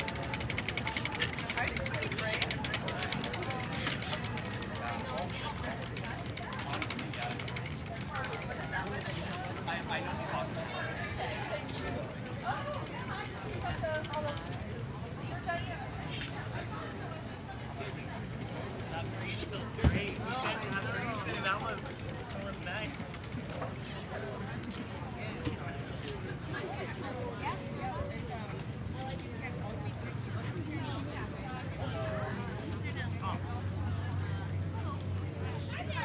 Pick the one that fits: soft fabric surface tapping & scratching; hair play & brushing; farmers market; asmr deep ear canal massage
farmers market